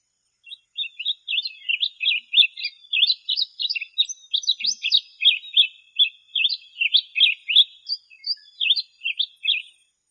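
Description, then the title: Bird singing a rapid, continuous run of high twittering chirps and trills. "LuckyPassaros CompletosSama"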